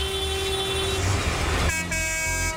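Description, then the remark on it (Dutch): A procession of tractors decorated with thousands of Christmas lights honks its horns over a low rumble of engines in the evening in Haaksbergen, driving a route past the village's care homes. A steady blaring toot shifts pitch partway through as another horn takes over, with no talking. “Daar reed een stoet trekkers, uitgedost met duizenden kerstlichtjes, een route langs de verzorgingstehuizen in het dorp. Zo valt te zien en te horen bij RTV Oost.”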